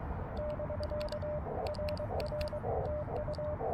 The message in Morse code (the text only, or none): <BK> RR TU